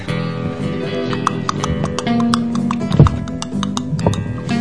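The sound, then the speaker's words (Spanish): Horse hooves clip-clop in a quick, uneven patter of sharp knocks throughout, layered over a steady low hum with a faint voice underneath. “Los caballos, poner los caballos.”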